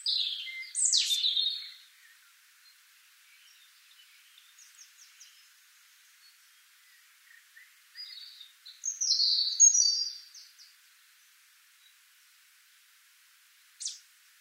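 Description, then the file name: European robin giving two separate bursts of high, sweet warbling with long quiet gaps between them, and a single sharp high note near the end. "Erithacus rubecula"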